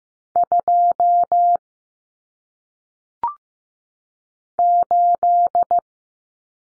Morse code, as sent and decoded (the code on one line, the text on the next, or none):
..--- / ---..
2 8